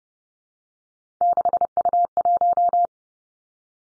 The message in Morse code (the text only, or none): 6U1